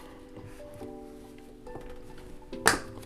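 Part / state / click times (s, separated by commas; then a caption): component connector into its port / seated / 2.7 s. A drive connector is lined up with the gray slot and pushed into its port, with steady music playing underneath. A sharp click sounds at 2.7 s as it seats fully in the port.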